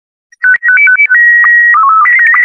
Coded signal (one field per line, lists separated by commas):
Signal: SSTV (slow-scan television)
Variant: Robot 72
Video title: 🔴 SWFL Tech Net - Using SSTV (Slow Scan TV) to send Images in an Emergency